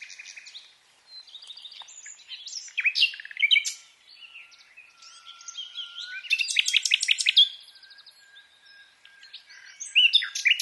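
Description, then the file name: Common nightingale singing a rich, varied song of clicks, rapid repeated notes and rattling trills, with a long quiet low whistle running beneath and brief pauses between phrases. "Luscinia megarhynchos"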